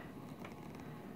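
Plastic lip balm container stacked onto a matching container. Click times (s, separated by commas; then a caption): 0.4 s. A plastic character-shaped Disney Tsum Tsum Halloween 2017 Lip Smacker lip balm container, Minnie, is pressed onto a matching Mickey container so they stack and lock. A single soft click is heard at 0.5 seconds over a steady background hum. The containers lock into place and hold as a secure stack.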